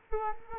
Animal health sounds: mosquito wingbeat signal from an infrared sensor; Culex quinquefasciatus

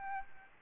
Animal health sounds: mosquito wingbeat signal from an infrared sensor; Aedes albopictus

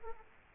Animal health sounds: mosquito wingbeat signal from an infrared sensor; Aedes aegypti

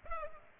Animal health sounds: mosquito wingbeat signal from an infrared sensor; Culex pipiens

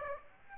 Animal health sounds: mosquito wingbeat signal from an infrared sensor; Aedes aegypti

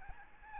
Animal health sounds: mosquito wingbeat signal from an infrared sensor; Aedes albopictus

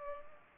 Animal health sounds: mosquito wingbeat signal from an infrared sensor; Culex pipiens

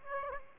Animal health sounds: mosquito wingbeat signal from an infrared sensor; Aedes aegypti

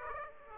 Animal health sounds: mosquito wingbeat signal from an infrared sensor; Aedes aegypti

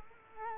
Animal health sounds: mosquito wingbeat signal from an infrared sensor; Culex quinquefasciatus

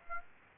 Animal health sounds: mosquito wingbeat signal from an infrared sensor; Aedes aegypti

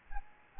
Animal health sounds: mosquito wingbeat signal from an infrared sensor; Aedes albopictus

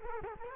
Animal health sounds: mosquito wingbeat signal from an infrared sensor; Culex quinquefasciatus

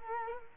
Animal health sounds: mosquito wingbeat signal from an infrared sensor; Culex quinquefasciatus

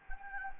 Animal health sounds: mosquito wingbeat signal from an infrared sensor; Anopheles gambiae

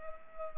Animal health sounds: mosquito wingbeat signal from an infrared sensor; Culex pipiens

